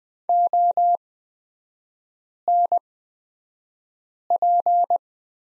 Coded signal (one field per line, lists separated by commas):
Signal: Morse code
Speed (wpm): 20 wpm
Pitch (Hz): 700 Hz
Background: none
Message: ONP